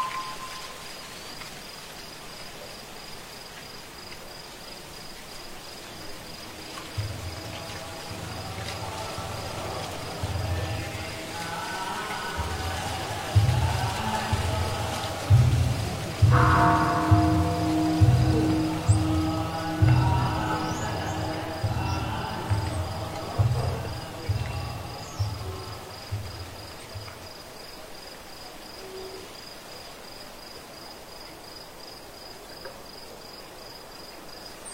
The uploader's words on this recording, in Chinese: 月夜寺庙 木鱼声 夜读诵经 古寺钟声。月夜古寺 在夜晚虫鸣声中听钟声、木鱼和诵经。